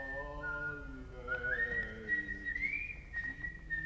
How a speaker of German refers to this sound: Ihm war nicht ganz wohl, aber er lachte. Und plötzlich pfiff er sogar.